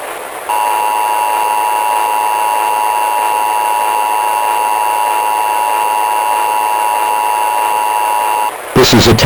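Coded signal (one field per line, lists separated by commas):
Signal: Emergency Alert System (SAME) tones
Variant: 853 and 960 Hz attention tone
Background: speech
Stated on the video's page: Simulated EAS mock of a 2011 Texas required monthly test.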